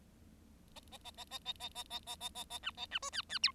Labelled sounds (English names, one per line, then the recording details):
Bengalese Finch song
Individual Bird7